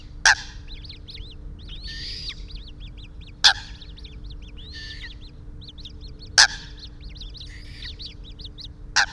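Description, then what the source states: Eurasian coot calls: abrupt loud clicks of sound about every three seconds, with busy high-pitched peeps and squeals between them and a faint steady hum beneath. Family group, Enfield.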